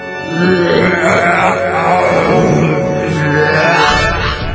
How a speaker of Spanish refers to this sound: soltó un eructo de proporciones gigantescas que hizo despeinar a todo el pueblo.